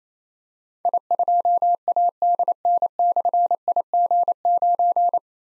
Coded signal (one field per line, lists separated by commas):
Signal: Morse code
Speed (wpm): 27 wpm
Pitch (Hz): 700 Hz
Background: none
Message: I2ADN/IG9